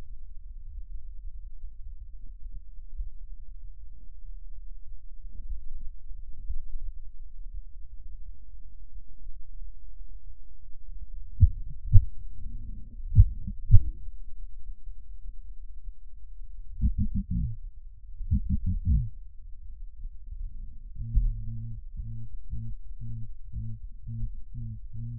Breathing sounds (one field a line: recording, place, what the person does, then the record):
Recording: lung sounds by stethoscope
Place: left posterior apical chest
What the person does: quiet breathing, then cough and speech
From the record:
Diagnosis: none (healthy)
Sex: male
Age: 23 years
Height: 185 cm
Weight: 93 kg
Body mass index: 27.2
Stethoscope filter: bell mode